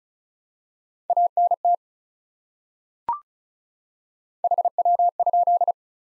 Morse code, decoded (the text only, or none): ANT HW?